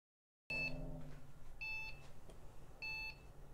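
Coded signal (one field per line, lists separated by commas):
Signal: beep code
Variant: Lenovo BIOS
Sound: repeated high-pitched electronic beeps, each about a third of a second, evenly spaced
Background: low room hum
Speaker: so trying out each of these memory sticks on different slots here is still giving us the same problem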